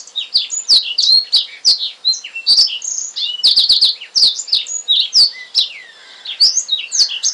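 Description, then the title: Oriental magpie-robin singing steadily, with quick varied whistled phrases and sweeping high notes, mixed with frequent dry clicks and a short lull near the end. "Kicau Kacer"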